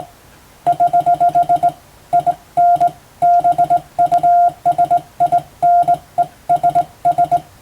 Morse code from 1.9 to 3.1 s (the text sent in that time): IN